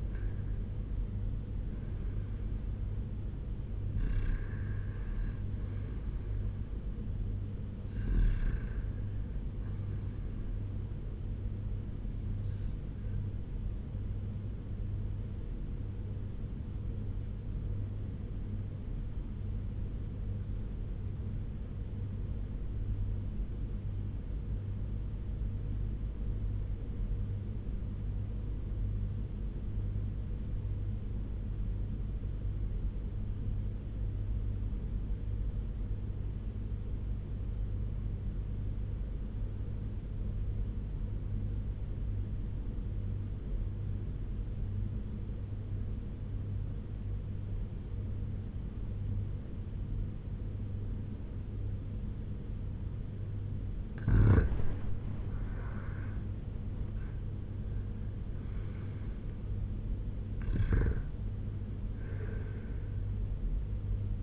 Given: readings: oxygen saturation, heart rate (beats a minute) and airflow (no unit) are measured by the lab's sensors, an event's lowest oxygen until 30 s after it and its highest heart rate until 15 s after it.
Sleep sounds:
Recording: breathing in sleep by a smartphone at the bedside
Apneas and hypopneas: 1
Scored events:
17.00-54.80 s: obstructive apnea (REM, oxygen 97% highest, then 86% lowest, heart rate 82 at the start, 93 highest)
From the record:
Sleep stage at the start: REM sleep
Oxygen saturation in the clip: 86 to 97%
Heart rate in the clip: 81 to 93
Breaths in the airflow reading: 5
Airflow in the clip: -7.9 to 6.2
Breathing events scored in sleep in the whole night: 201 in 6.5 hours asleep

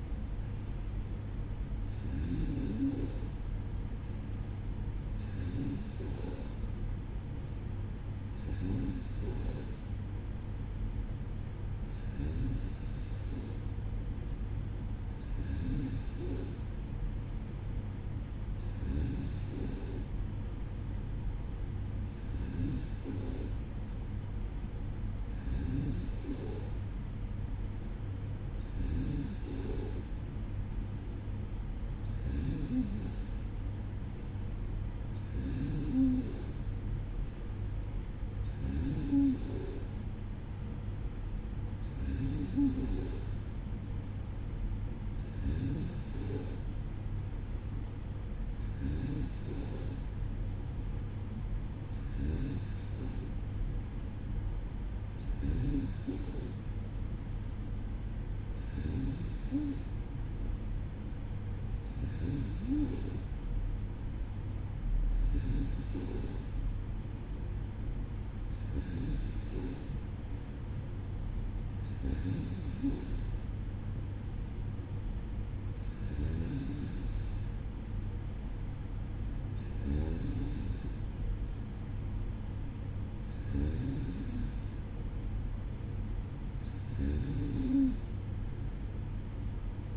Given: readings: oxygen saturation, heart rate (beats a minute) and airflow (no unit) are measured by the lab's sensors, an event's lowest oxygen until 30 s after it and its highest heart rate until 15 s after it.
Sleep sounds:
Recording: breathing in sleep by a smartphone at the bedside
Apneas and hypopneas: none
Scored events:
28.00-58.00 s: new sleep stage, N2 (light sleep)
58.00-88.00 s: new sleep stage, N3 (deep sleep)
88.00-89.97 s: new sleep stage, N2 (light sleep)
From the record:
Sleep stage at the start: N3 (deep sleep)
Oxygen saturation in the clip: 93 to 94%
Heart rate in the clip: 55 to 57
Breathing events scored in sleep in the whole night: 305 in 9.6 hours asleep

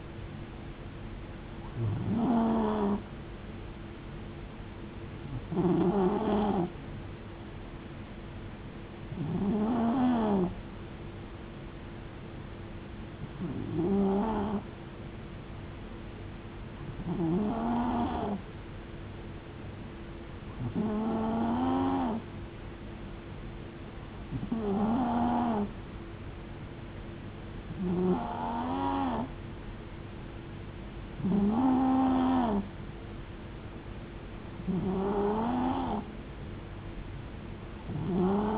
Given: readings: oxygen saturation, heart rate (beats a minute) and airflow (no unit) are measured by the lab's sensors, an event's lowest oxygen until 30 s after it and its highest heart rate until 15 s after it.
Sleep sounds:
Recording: breathing in sleep by a voice recorder at the bedside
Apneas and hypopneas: none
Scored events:
none scored
From the record:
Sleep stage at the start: N2 (light sleep)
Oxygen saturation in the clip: 91 to 92%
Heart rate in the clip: 65 to 72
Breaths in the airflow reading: 11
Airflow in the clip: -3.9 to 3.1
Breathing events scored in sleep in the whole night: 389 in 6.3 hours asleep

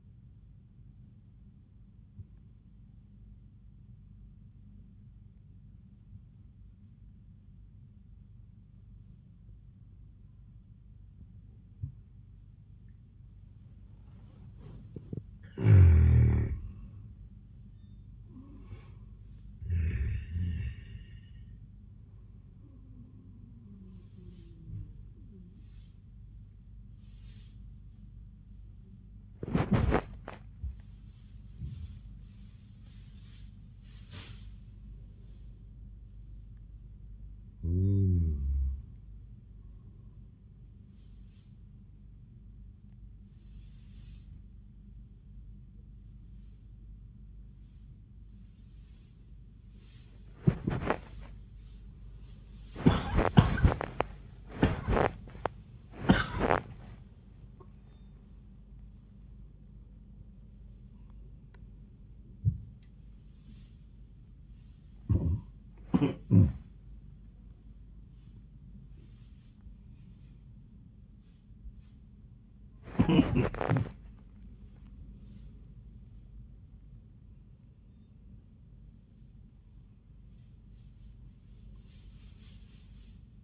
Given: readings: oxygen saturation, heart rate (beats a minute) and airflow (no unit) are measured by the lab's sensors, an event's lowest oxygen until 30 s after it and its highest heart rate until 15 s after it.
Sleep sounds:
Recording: breathing in sleep by a smartphone at the bedside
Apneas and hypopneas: 3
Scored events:
3.00-15.90 s: obstructive apnea (N2, oxygen 97% highest, then 88% lowest)
20.00-50.00 s: new sleep stage, N1 (lightest sleep)
24.00-36.90 s: hypopnea (N1, oxygen 92% highest, then 88% lowest)
43.00-53.90 s: hypopnea (N1, oxygen 98% highest, then 90% lowest)
50.00-83.44 s: new sleep stage, awake
67.00-83.44 s: awake
From the record:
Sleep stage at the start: N2 (light sleep)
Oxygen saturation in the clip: 84 to 98%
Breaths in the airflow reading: 15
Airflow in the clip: -20.3 to 15.5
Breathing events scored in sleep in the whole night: 400 in 8.7 hours asleep

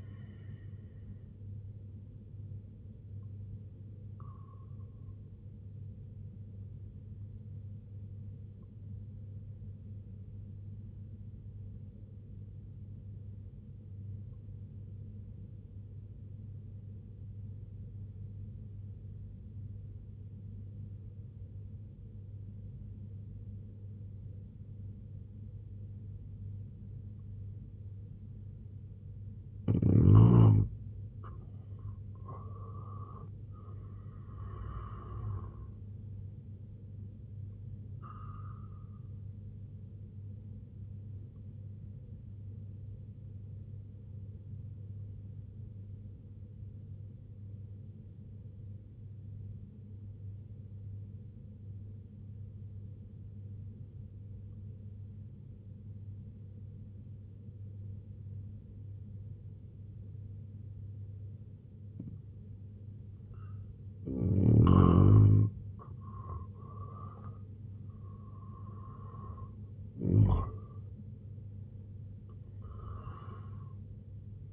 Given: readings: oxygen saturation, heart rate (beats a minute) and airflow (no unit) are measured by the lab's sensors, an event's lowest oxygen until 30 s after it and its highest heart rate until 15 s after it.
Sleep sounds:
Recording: breathing in sleep by a smartphone at the bedside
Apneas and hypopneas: 2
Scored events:
13.00-30.00 s: obstructive apnea (N1, oxygen 95% highest, then 86% lowest, heart rate 66 at the start, 88 highest)
16.00-74.53 s: new sleep stage, N2 (light sleep)
45.00-63.90 s: obstructive apnea (N2, oxygen 93% highest, then 84% lowest, heart rate 65 at the start, 92 highest)
From the record:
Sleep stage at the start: N1 (lightest sleep)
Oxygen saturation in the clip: 85 to 95%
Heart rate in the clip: 62 to 93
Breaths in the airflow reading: 6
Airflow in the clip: -5.7 to 9.5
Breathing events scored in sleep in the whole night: 258 in 7.4 hours asleep

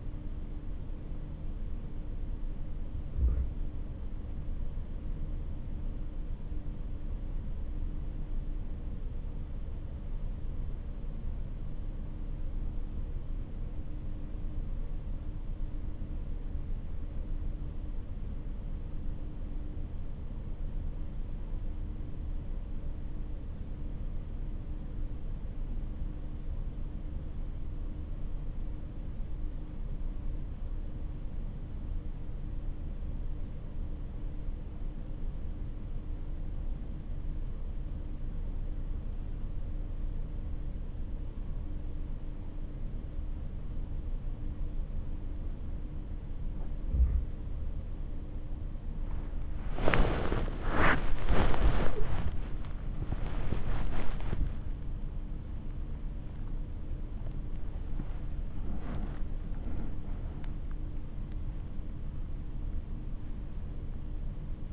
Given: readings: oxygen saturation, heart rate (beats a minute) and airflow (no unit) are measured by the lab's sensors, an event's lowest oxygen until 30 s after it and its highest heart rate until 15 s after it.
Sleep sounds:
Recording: breathing in sleep by a smartphone at the bedside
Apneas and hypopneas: 1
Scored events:
13.00-47.10 s: obstructive apnea (REM, oxygen 97% highest, then 83% lowest, heart rate 57 at the start, 80 highest)
53.00-64.73 s: new sleep stage, N1 (lightest sleep)
From the record:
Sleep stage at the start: REM sleep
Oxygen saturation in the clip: 86 to 97%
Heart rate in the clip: 56 to 80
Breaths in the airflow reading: 7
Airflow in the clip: -11.9 to 13.6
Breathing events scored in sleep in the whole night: 304 in 5.6 hours asleep

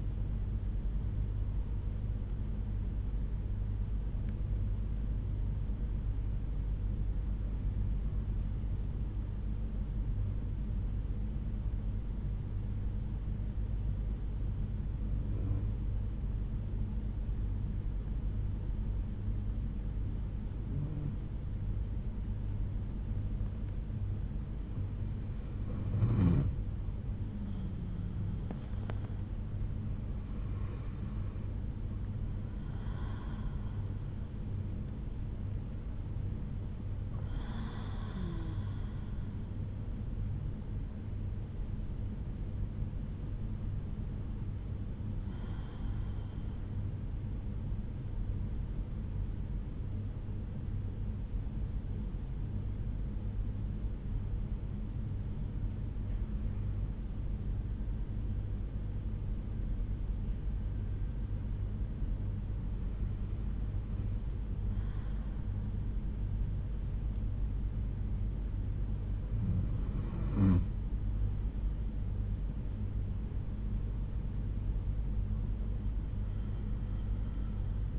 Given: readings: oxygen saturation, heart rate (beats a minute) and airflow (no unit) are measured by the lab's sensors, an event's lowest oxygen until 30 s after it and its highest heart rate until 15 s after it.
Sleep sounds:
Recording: breathing in sleep by a smartphone at the bedside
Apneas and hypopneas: 2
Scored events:
7.00-29.70 s: hypopnea (N2, oxygen 94% highest, then 89% lowest)
50.00-73.00 s: hypopnea (N2, oxygen 95% highest, then 92% lowest)
From the record:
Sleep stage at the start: N2 (light sleep)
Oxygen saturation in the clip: 89 to 95%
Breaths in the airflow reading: 12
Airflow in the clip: -7.7 to 7.1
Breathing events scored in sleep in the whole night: 368 in 8.0 hours asleep

